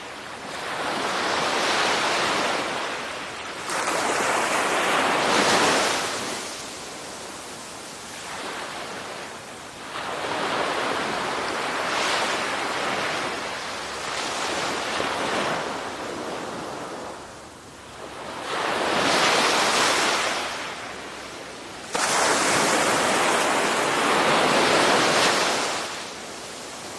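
Gentle ocean waves wash in and out in a slow, irregular rhythm, each swell rising to a soft hiss and then easing back. The stronger surges come around 4, 12, 19 and 23 seconds, with a light breeze rustling steadily underneath.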